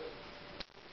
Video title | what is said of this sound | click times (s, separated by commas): Fun With Buckyballs 6 | and when they snap in you'll hear it they're snapping | 0.6 s, 0.7 s, 0.8 s